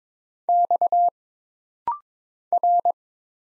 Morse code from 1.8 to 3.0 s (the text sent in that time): R